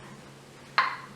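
A metal two-piece canning lid on a hot glass jar of cherry jam, cooling after water bath processing, is pulled down by the vacuum and gives one sharp pop at 0.8 s. Before the pop there is only a faint steady hum, and afterward the bright ring fades over about a quarter second. The jar has sealed.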